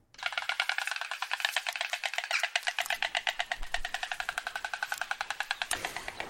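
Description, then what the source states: White stork bill clattering, a fast wooden rattle of sharp pulses running steadily for about six seconds. Two parents greeting each other at their nest before feeding newborn chicks, atop an old oak tree in West Sussex, UK; first such wild greeting in the UK in a long time.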